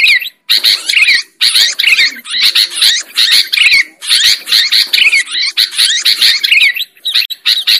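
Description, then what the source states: Lovebirds giving loud, strident squeaky calls in clustered bursts, with short pauses between. Lure sound used for trapping lovebirds.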